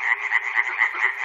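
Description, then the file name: Frog croaking in a fast run of short, even, buzzy pulses, about four each second, with no pause. Frogs recorded at Chernobyl. "peter cusack-chernobyl frogs"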